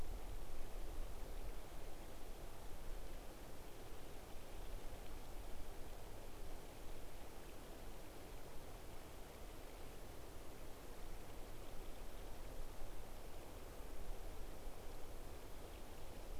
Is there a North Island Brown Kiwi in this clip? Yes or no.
no